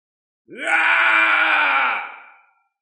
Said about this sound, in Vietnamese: Tiếng gào thét này vừa xuất hiện, lập tức đôi mắt của Tô Minh lộ ra sát cơ.